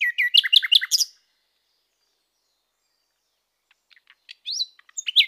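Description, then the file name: Common nightingale song opening with a rapid series of repeated downslurred notes, then a pause, then scattered soft clicks and a few short whistled phrases. "Rossignol"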